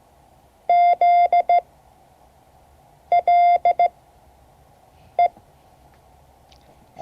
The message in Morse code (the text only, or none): ZLE